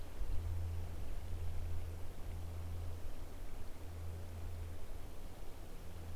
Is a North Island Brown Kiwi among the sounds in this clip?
no